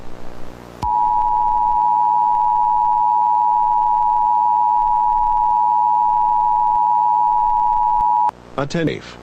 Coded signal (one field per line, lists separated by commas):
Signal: Emergency Alert System (SAME) tones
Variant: 853 and 960 Hz attention tone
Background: speech